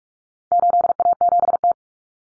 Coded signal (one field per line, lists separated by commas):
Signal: Morse code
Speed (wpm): 44 wpm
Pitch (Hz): 700 Hz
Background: none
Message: 8A7T